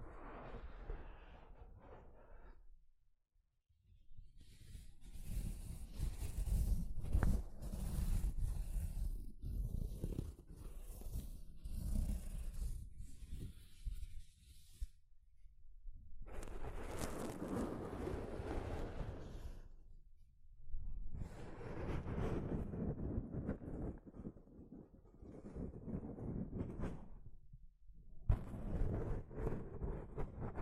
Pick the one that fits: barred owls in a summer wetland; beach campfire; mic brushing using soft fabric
mic brushing using soft fabric